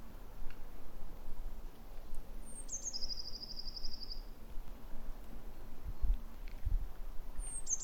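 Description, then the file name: Eurasian blue tit call: a sharp high note, then a quick buzzy trill of evenly spaced notes; another call begins at the end, over a low rumbling background. "Cyanistes caeruleus"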